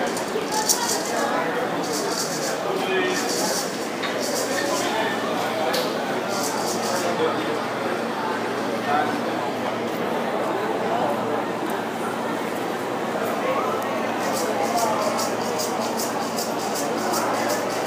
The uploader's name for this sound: Calle Obispo, La Habana, Cuba, on a Monday Afternoon